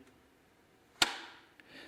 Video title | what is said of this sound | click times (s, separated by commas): Kydex Holster for Glocks - Volunteer Holster Co | that click retention I really like it I mean you could skydive with this thing and it's not going to come out but | 1.0 s